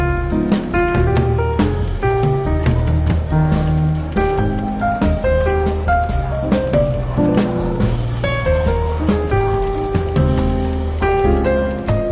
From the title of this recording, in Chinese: 伦敦书店咖啡馆轻微喧闹氛围与柔和轻松的爵士背景音乐